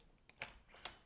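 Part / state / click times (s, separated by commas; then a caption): rear wheel into stroller frame / not seated / none. A rear wheel, its protective cap removed, is handled against the frame of a Mockingbird Single to Double Stroller 2.0, near the axle housing. A few short, sharp clicks and taps are heard, with no talking. The wheel has not yet seated or snapped into place.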